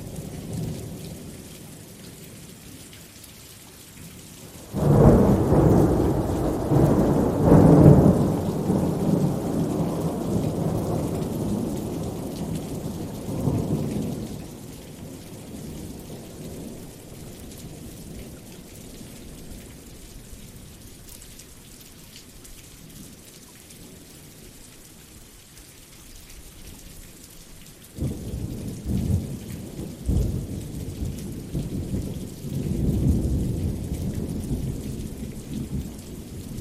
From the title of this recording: natural rain and thunder sounds